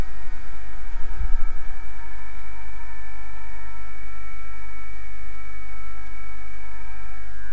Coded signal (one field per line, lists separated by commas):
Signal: FT8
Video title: Interface CHM20 à la HF/VHF/UHF transmission des modes numériques avec 2 transceivers Partie 05/5